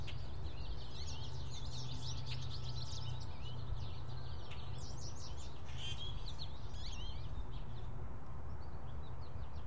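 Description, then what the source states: American goldfinch calls: bursts of high twittering chirps that thicken in places, with a steady low rumbling noise underneath throughout. Recorded in Fort Collins on April 12, 2016, at 1:59 pm.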